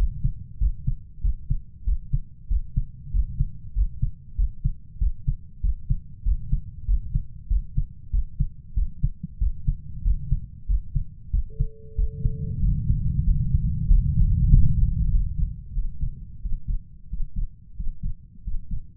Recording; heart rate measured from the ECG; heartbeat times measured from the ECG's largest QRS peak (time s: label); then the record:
heart sounds by stethoscope; 94 bpm
0.61 s: heartbeat
1.24 s: heartbeat
1.87 s: heartbeat
2.51 s: heartbeat
3.14 s: heartbeat
3.76 s: heartbeat
4.38 s: heartbeat
5.01 s: heartbeat
5.64 s: heartbeat
6.26 s: heartbeat
6.88 s: heartbeat
7.50 s: heartbeat
8.13 s: heartbeat
8.77 s: heartbeat
9.41 s: heartbeat
10.05 s: heartbeat
10.69 s: heartbeat
11.33 s: heartbeat
11.98 s: heartbeat
12.63 s: heartbeat
13.27 s: heartbeat
13.89 s: heartbeat
14.51 s: heartbeat
15.12 s: heartbeat
15.76 s: heartbeat
16.44 s: heartbeat
17.12 s: heartbeat
17.78 s: heartbeat
18.46 s: heartbeat
From the record:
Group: healthy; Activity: rest 0-12 s, breath hold 12-19 s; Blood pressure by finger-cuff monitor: 131/71 mmHg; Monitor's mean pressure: 88 mmHg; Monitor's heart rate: 95 bpm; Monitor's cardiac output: 8.1 L/min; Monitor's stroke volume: 85 mL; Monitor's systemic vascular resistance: 800 dyn s/cm5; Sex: male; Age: 21 years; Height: 175 cm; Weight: 72.6 kg